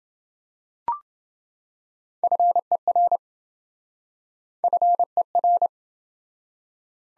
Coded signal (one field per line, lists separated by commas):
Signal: Morse code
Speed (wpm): 29 wpm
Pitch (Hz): 700 Hz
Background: none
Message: FER FER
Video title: Top 20 QSO Elements - Speed-Racing - 20wpm